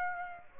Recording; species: mosquito wingbeat signal from an infrared sensor; Aedes aegypti